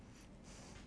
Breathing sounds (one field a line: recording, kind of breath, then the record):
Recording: one breath in and out by a microphone near the nose and mouth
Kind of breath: strong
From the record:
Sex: male